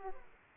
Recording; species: mosquito wingbeat signal from an infrared sensor; Aedes aegypti